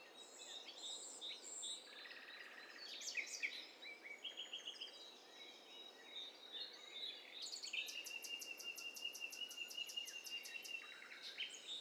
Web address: STEREO BIRD COCKTAIL PARTY Challenge Bird Cocktail Party